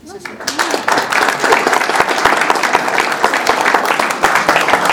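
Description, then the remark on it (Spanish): At an international seminar, an audience breaks into sustained applause for the representatives of the Red Herbol network of the Catholic University, many hands clapping densely and steadily for several seconds after a brief spoken phrase at the start, holding a loud, even level throughout. “Antes de ello vamos a dar un fuerte aplauso a las personalidades de la Red Herbol de la Universidad Católica, quienes nos dieron la bienvenida.”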